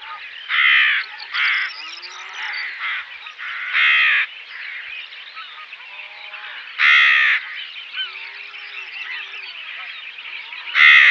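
Rook caws, loud rasping calls repeated at uneven intervals over a steady chorus of many rooks.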